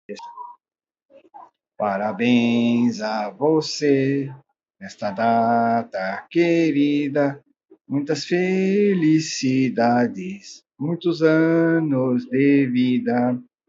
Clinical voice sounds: short text; Brazilian Portuguese; male; 60 to 69 years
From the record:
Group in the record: control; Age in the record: 62 years

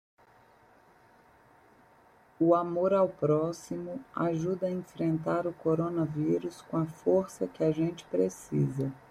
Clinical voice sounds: spoken sentence; Brazilian Portuguese; female; 30 to 39 years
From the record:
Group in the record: control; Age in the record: 35 years

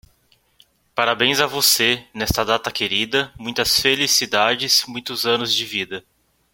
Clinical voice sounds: short text; Brazilian Portuguese; male; 30 to 39 years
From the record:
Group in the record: control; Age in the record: 32 years

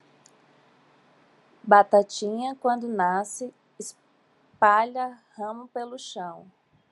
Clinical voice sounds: short text; Brazilian Portuguese; female; 40 to 49 years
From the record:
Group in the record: control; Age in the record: 41 years

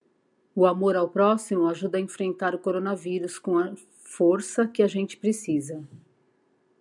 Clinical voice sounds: spoken sentence; Brazilian Portuguese; female; 50 to 59 years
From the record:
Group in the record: control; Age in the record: 54 years

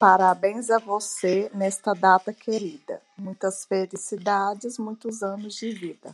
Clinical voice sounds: short text; Brazilian Portuguese; female; 40 to 49 years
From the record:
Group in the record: control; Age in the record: 41 years

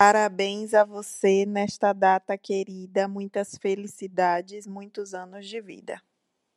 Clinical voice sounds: short text; Brazilian Portuguese; female; 30 to 39 years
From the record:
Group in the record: control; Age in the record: 31 years

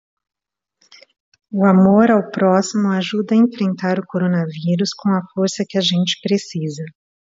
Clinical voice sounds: spoken sentence; Brazilian Portuguese; female; 50 to 59 years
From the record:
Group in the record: control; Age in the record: 51 years

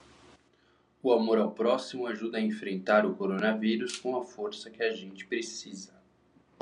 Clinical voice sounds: spoken sentence; Brazilian Portuguese; male; 30 to 39 years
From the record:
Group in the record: control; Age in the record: 33 years

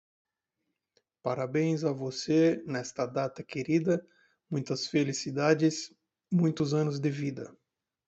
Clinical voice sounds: short text; Brazilian Portuguese; male; 30 to 39 years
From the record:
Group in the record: control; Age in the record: 35 years

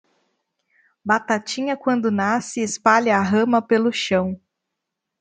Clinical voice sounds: short text; Brazilian Portuguese; female; 20 to 29 years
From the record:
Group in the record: control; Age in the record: 29 years

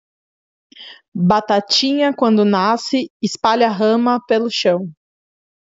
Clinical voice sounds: short text; Brazilian Portuguese; female; 30 to 39 years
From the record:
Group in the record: control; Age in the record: 30 years

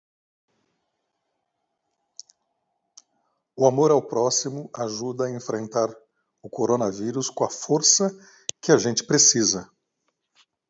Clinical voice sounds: spoken sentence; Brazilian Portuguese; male; 60 to 69 years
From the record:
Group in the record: control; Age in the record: 65 years

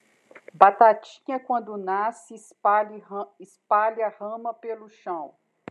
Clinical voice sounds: short text; Brazilian Portuguese; female; 40 to 49 years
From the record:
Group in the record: control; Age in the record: 45 years

